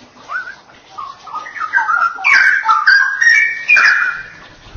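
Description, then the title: Oriental magpie-robin song, a varied run of whistled and slurred notes rising into louder, richer phrases toward the end. "Kicau Kacer"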